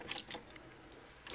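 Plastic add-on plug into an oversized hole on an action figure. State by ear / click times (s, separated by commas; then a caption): not seated / none. A plastic add-on plug from a Fansprojects City Commander add-on set is pushed again into a hole on an action figure that is a little too big for it. Only light plastic taps and scrapes are heard, with a sharp small tick near 0.6 s and more rubbing near 1.3 s. Nothing has seated or clicked yet; the plug does not snap in.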